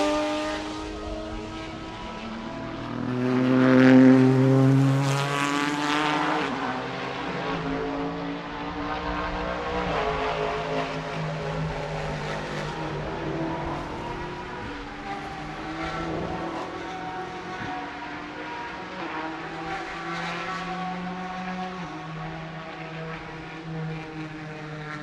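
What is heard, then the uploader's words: Racing engines whine and drone throughout, with a loud pass swelling around four to six seconds before settling into a steady, layered roar. Several engine tones rise and fall against each other, and a bright whooshing passes through near ten and twenty seconds. Sounds of Rolex 24 At Daytona Qualifying. It's an ambient racing audio feature captured during qualifying for January's Rolex 24 At Daytona where IMSA's GT Daytona, GT Le Mans, and DPi/LMP2 classes hit the track for individual sessions.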